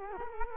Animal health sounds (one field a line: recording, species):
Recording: mosquito wingbeat signal from an infrared sensor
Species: Culex quinquefasciatus